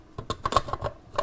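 A polymer 5.56 rifle magazine is handled at the magazine well of a Zastava M85PA Classic or M85TAC Tactical 5.56mm AKSU-style pistol. Short plastic-on-metal knocks and taps are heard, with sharper ones near 0.5, 0.6 and 1.2 seconds. The magazine has not seated or clicked into the well yet.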